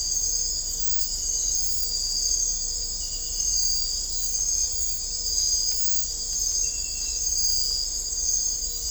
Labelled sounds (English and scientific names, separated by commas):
none